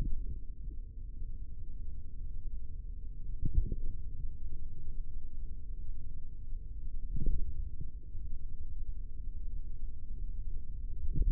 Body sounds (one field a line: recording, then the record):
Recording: forearm muscle sounds (acoustic myography)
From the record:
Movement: finger pinch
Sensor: system 3, bracelet of six PUI Audio POM-2738L microphones around the upper forearm, with dedicated amplification and filtering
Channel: 5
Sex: male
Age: 43 years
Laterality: right